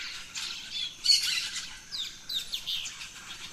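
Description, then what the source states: Birds chirping, several quick down-slurred high notes and squawks scattered over a steady background of calls. Dawn chorus of birds in the rainforest, Gran Sabana, Venezuela.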